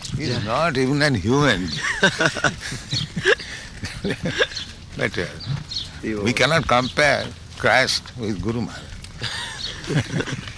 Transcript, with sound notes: He's not even a human being. [laughter] But we cannot compare Christ with Guru Maharaj.